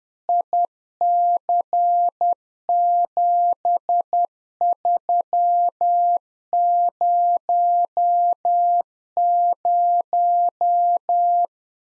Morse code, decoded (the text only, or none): IC7300